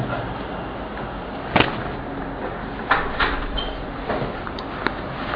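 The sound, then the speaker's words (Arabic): A door being handled, with several sharp clicks and knocks scattered irregularly over a steady background hiss; no one speaks. “كيف الباب؟ بلك الشنطة.”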